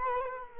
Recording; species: mosquito wingbeat signal from an infrared sensor; Culex quinquefasciatus